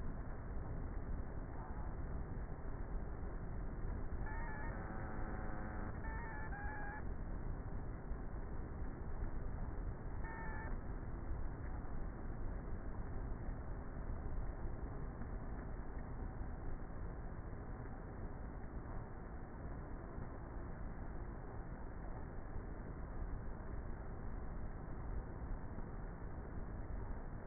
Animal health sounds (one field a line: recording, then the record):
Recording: honeybee colony, microphone inside the hive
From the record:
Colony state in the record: queenless with a low population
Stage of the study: before two queens were removed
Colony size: about 30,000 bees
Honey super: no